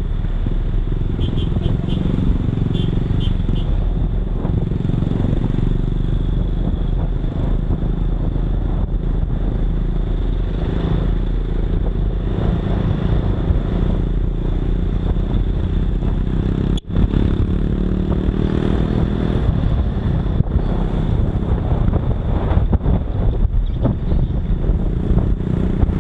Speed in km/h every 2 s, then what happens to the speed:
21, 21, 23, 24, 25, 27, 29, 31, 36, 38, 37, 35, 35.
0-9 steady at about 23. 9-17 speeds up to 38. 17-26 steady at about 35.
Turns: none.